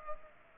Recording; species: mosquito wingbeat signal from an infrared sensor; Culex pipiens